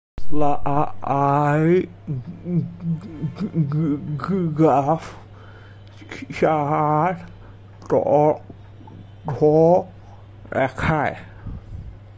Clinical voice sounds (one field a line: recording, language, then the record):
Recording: elicited speech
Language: Bengali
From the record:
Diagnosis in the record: Broca's or global aphasia after a stroke